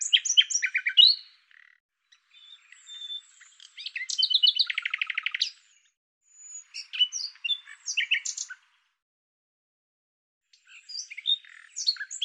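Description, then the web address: Bird song in complex bursts of chirps, trills and buzzy notes, including a rapid rattling trill near the middle, broken by short pauses and a long silent gap before a final burst. "Deverinetal 2025"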